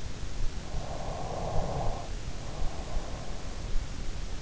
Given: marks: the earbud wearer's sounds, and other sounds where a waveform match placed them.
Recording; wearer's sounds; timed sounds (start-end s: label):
sounds in sleep by an in-ear microphone; snoring breath
0.55-3.58 s: snoring breath